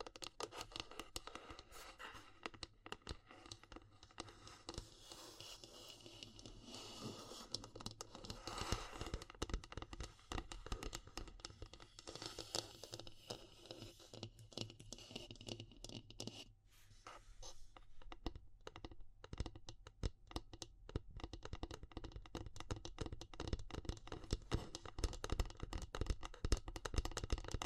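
Dense, rapid scratching and crackling of wood, bamboo and straw, busy throughout with a brief sparser, quieter stretch around sixteen seconds.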